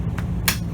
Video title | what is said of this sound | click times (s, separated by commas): For Sale: Rockwood 2019 Mini Lite 2506S part one | Okay. So that clicked good that time. | 0.5 s